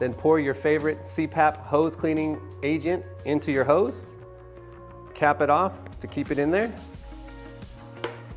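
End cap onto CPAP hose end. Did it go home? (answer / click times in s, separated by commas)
yes / 8.0 s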